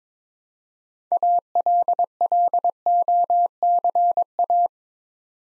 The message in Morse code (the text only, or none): ALLOCA